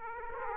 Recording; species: mosquito wingbeat signal from an infrared sensor; Aedes aegypti